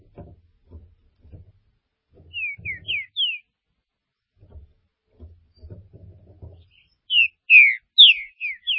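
Green-winged saltator singing a brief phrase of a few descending whistled notes, then a louder, longer run of slurred whistles near the end, over faint low knocking sounds.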